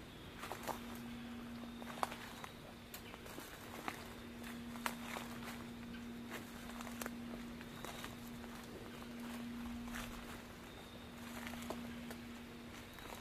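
Footsteps crunch through autumn leaves on a nature walk, with sharp irregular snaps over a steady low hum throughout.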